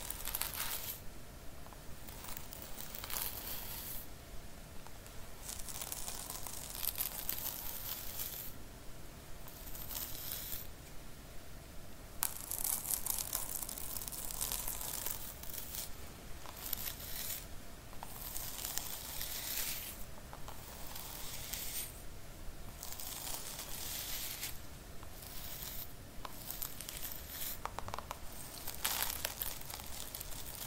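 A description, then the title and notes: Dense scratching and brushing on a scalp, a steady bright rustle broken by short pauses and louder strokes around twelve seconds. The Most Relaxing Hairline Treatment ASMR scalp massage, scratching, brushing.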